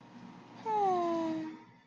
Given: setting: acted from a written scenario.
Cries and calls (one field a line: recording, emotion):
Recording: vocal sound without words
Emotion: serenity